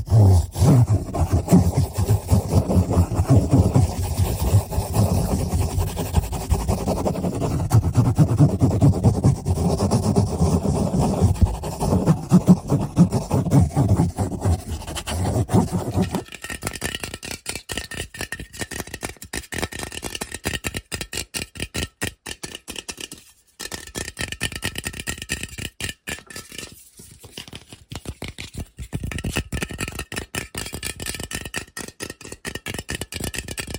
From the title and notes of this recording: ASMR Fast And Aggressive Lofi Sounds (Tapping, Scratching,.) No Talking.